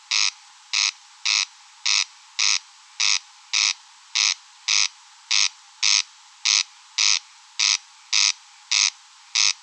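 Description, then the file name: Corn crake giving harsh rasping notes in a steady series, even and mechanical, with no other sounds. Recorded at Rønbjerg Enge. "Engsnarre Roenbjerg Enge"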